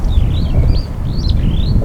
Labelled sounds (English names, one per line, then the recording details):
Superb Starling flight call
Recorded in Kenya on 15 April 2009 at 16:12
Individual 20, of group CF2